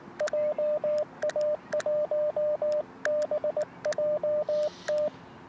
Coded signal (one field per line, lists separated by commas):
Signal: Morse code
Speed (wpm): 19 wpm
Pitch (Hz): 590 Hz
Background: radio noise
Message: JA1BJT